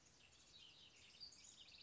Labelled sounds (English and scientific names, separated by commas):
House Wren (Troglodytes aedon)